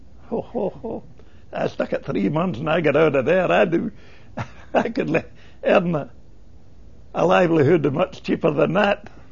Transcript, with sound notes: Ho, ho, ho. I stuck it three months and I got out of there. I do. ( he laughs ) I could earn a livelihood much cheaper than that.